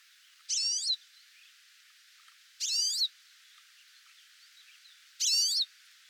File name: Pine Siskin Spinus pinus